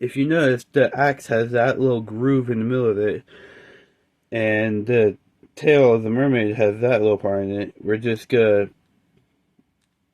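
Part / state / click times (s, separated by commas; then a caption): plastic toy axe into a tail weapon piece / not seated / none. A person talks while handling the plastic toy axe and the mermaid tail weapon piece of a Power Rangers Mystic Force Titan Megazord, lining up the little groove in the middle of the axe with the small part on the tail so the weapons can be combined. Nothing has seated or clicked yet; the clip ends with speech stopping around 8.7 s and near silence after.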